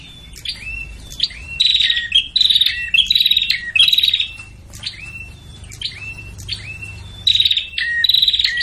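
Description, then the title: Prinia calling in noisy, scratchy chatters and sharp chips, bursts coming irregularly with short pauses. Noisy (ribut) prenjak calls used as a lure (pikat) for trapping prenjak. "Suara Prenjak Ribut Buat Pikat Burung Prenjak Kepala Merah Prenjak Tamu"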